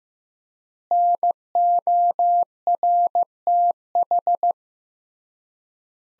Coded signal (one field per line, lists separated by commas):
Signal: Morse code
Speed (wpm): 15 wpm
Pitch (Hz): 700 Hz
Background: none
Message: NORTH